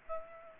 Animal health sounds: mosquito wingbeat signal from an infrared sensor; Aedes aegypti

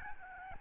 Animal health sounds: mosquito wingbeat signal from an infrared sensor; Aedes albopictus

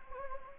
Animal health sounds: mosquito wingbeat signal from an infrared sensor; Anopheles gambiae

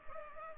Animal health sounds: mosquito wingbeat signal from an infrared sensor; Culex pipiens

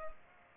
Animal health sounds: mosquito wingbeat signal from an infrared sensor; Culex pipiens

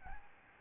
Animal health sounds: mosquito wingbeat signal from an infrared sensor; Aedes albopictus

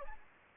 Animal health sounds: mosquito wingbeat signal from an infrared sensor; Anopheles gambiae

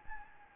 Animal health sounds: mosquito wingbeat signal from an infrared sensor; Anopheles gambiae

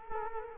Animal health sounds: mosquito wingbeat signal from an infrared sensor; Culex quinquefasciatus

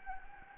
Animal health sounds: mosquito wingbeat signal from an infrared sensor; Anopheles gambiae

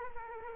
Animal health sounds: mosquito wingbeat signal from an infrared sensor; Culex quinquefasciatus

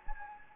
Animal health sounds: mosquito wingbeat signal from an infrared sensor; Anopheles gambiae

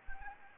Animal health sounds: mosquito wingbeat signal from an infrared sensor; Anopheles gambiae

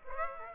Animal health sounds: mosquito wingbeat signal from an infrared sensor; Aedes aegypti

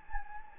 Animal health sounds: mosquito wingbeat signal from an infrared sensor; Anopheles gambiae

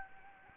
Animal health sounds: mosquito wingbeat signal from an infrared sensor; Anopheles gambiae

